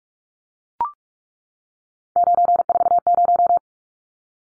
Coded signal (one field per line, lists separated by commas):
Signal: Morse code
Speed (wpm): 44 wpm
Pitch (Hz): 700 Hz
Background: none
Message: 940